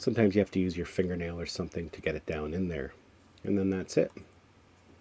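Someone talks while a microSD memory card is handled at the spring-loaded card slot of a DJI Osmo Action 4 action camera, to be pressed down gently, with a fingernail if needed. Nothing has clicked or seated yet by the end of the clip.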